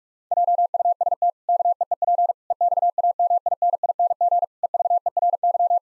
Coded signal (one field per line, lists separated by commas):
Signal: Morse code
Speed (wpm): 46 wpm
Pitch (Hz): 700 Hz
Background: none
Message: JUST KEEP EXAMINING EVERY